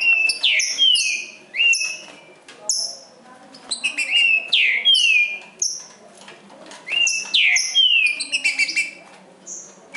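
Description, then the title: Green-winged saltator song: loud whistled phrases with sliding, downward-sweeping notes, repeated in bursts, with a second bird answering and overlapping. Bird named Nicão singing in the forest, in a song contest with a free-living wild saltator. "Trinca Ferro NICÃ O No Mato Disputando Com Solto"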